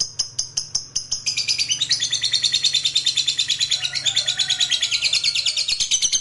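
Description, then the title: Lovebird trilling: a few separate shrill chirps, then a long, fast, high chattering trill of rapid repeated notes that continues steadily to the end. Fighter lovebird giving ngekek panjang, a long drawn-out trill. "Begitu Dengar Suara Lovebird FIGHTER NGEKEK PANJANG"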